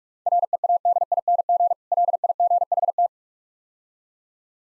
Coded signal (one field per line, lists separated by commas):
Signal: Morse code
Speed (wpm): 46 wpm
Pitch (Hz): 700 Hz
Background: none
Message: READING LIGHT